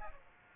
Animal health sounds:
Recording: mosquito wingbeat signal from an infrared sensor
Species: Aedes aegypti

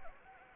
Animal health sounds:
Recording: mosquito wingbeat signal from an infrared sensor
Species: Anopheles gambiae

